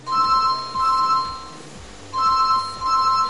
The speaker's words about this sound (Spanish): Suena el teléfono móvil de Zaira.